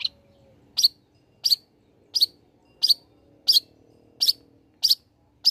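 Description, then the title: Long-tailed shrike calling with single sharp, high chirps repeated roughly every 0.7 seconds, evenly paced. Actively singing bird, used as a tutor song for training other birds. "Cendet Gacor Cocok Untuk Masteran"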